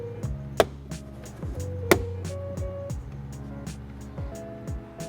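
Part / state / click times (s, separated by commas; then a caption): interior light lens into roof light housing / seated / 0.6 s, 1.9 s. A plastic interior dome light lens is pressed by its front tabs into the roof light housing of a first-generation (2011+) Lexus CT, with its rear tabs already lined up. Two sharp snaps at 0.6 s and 1.9 s mark the lens seating home, over steady background music. No one talks.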